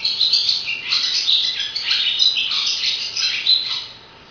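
Swallow calls: bright, scratchy twitters and short warbled notes run together in a lively chatter, then die away in the last half second.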